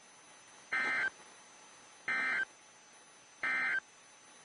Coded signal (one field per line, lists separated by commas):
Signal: Emergency Alert System (SAME) tones